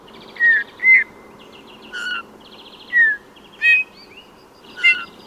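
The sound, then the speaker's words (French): A Eurasian bullfinch sings soft, piping whistled notes, some single and some doubled, spaced out in about six short phrases over a low, steady background hiss. “Il n'y a qu'à écouter le bouvreuil pivoine qui chante en posant ses notes ou doubles notes.”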